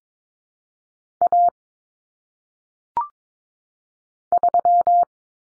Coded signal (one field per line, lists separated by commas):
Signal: Morse code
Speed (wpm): 22 wpm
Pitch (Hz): 700 Hz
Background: none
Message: A 3